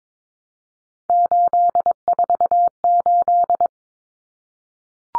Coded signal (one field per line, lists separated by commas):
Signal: Morse code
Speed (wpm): 22 wpm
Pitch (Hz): 700 Hz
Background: none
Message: 848